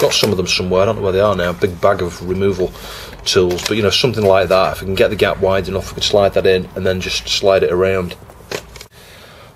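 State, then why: Released. A razor blade is pushed into the edge seam of a plastic back cover on a Tesco Hudl tablet and twisted while someone talks. Two short sharp snaps come at 8.8 s and 8.8 s. An internal plastic clip lets go and the case starts to separate.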